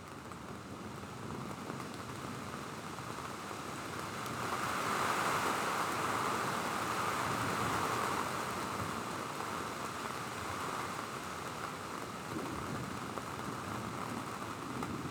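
Heavy rain from a thunderstorm pours down in a dense, steady hiss with a low rumbling undertone. Between about five and nine seconds the downpour swells louder and brighter, then settles back to a constant, even roar for the rest.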